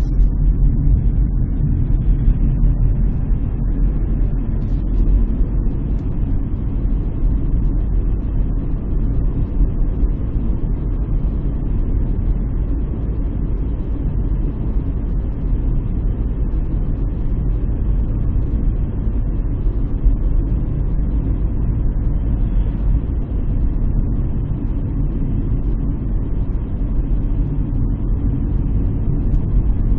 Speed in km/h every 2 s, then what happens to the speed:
32, 36, 40, 41, 43, 44, 43, 43, 43, 42, 42, 41, 41, 41, 39.
0-8 speeds up to 43. 8-30 steady at about 42.